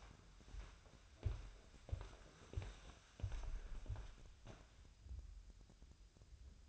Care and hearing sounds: daily activity, microphone in the room; walk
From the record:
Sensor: 2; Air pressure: 1015.2 hPa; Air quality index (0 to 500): 111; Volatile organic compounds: 3 ppm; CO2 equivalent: 1423 ppm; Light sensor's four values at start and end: 13/36/14/16 and 14/37/15/17

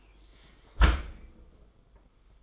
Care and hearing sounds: daily activity, microphone in the room; close dishwasher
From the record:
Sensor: 5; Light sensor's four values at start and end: 36/112/43/46 and 36/112/43/46

